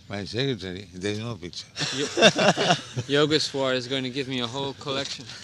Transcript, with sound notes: my secretary---"There is no picture." [laughter]
Yogeśvara is going to give me a whole collection.